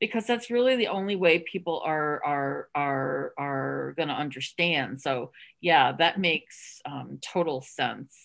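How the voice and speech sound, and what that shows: Adult man's speech stalls mid-sentence on four repeated, drawn-out 'er' sounds separated by pauses: a stuttering disfluency in a man who has stuttered since age 5 and hid his stutter early in life.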